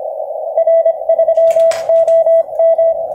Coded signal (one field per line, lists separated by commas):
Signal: Morse code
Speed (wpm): 23 wpm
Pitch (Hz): 660 Hz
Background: radio noise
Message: R3OM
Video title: MMC Contest QRP 5w , Antena Loop Retângulo Amazing #PY1FW